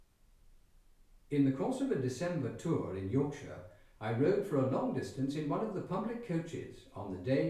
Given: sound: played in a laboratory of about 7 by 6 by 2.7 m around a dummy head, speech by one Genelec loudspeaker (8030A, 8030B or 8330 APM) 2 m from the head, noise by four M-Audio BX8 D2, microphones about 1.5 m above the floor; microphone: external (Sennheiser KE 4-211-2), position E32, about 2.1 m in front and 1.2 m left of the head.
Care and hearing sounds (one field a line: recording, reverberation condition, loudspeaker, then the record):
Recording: male speech in English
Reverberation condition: medium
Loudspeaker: 90 degrees to the right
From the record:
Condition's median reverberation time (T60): about 510 ms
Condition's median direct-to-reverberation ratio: about -0.5 dB